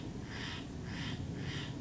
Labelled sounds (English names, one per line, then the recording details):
Steller's Jay
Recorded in Sonoma County, California